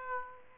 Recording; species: mosquito wingbeat signal from an infrared sensor; Aedes aegypti